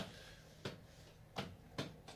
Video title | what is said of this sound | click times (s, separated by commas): Infiniti g37xs sedan - How to change / replace any Nissan / Infiniti door super simple!!! | Hear the clickage? | 0.7 s, 1.8 s